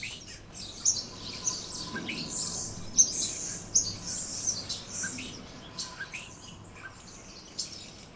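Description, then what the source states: Small birds giving rapid high chirps and tweets, overlapping in quick uneven runs over a soft steady background hiss. Birds chirping on a tree.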